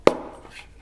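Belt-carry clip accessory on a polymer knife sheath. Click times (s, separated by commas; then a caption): 0.1 s. A belt-carry clip accessory is popped off the polymer sheath of a Mora knife. A single sharp plastic snap is heard at 0.1 s, followed by a brief fading tail and faint rustle, and the clip comes free of the sheath.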